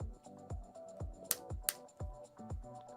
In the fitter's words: And as the instructions say, we should hear a click.